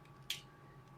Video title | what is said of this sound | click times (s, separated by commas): Transformer Optimus Prime Robot Toy (How to Transform) | kita niyo bumukas yung lock Pwede niyo na siya i-push Pababa medyo pwersahan niyo yung konti yan | 0.3 s